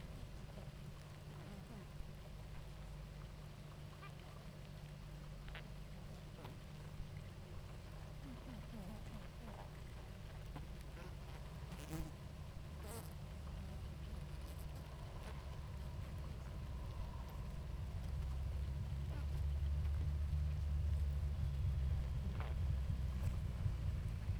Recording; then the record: honeybee colony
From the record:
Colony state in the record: active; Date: 28 July 2017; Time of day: 18:48